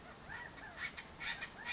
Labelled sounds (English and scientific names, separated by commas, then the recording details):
California Quail (Callipepla californica)
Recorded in Sonoma County, California